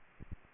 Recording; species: mosquito wingbeat signal from an infrared sensor; Aedes aegypti